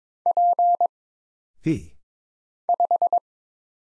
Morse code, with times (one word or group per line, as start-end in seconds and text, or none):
0.3-0.9 P
2.7-3.2 5